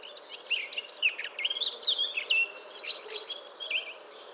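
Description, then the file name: Eurasian blackcap song, a rambling mix of soft chattering and brief clear whistled notes, varied and unbroken over four seconds. "Sylvia atricapilla"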